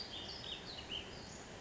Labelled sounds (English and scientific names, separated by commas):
Ash-throated Flycatcher (Myiarchus cinerascens)